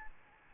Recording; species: mosquito wingbeat signal from an infrared sensor; Aedes albopictus